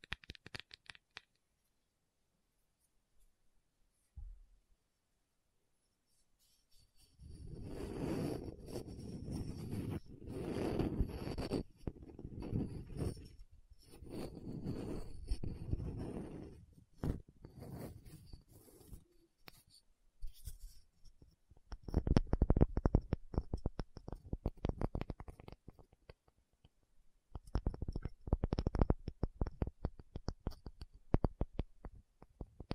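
A tapping session without talking: bursts of dense, rapid tapping and scratching with a soft, low body, broken by short pauses. Near-silence opens the first seven seconds, then irregular clusters follow, the later ones crisper and sharper, peaking around 22 and 29 seconds.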